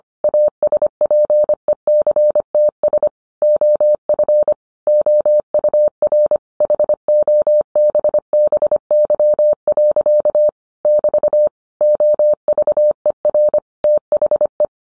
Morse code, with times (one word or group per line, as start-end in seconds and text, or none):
0.2-3.1 ASPECTS
3.4-4.5 OF
4.9-6.4 OUR
6.6-10.5 HOBBY.
10.8-11.5 <BT>
11.8-13.6 OVER
13.8-14.6 THE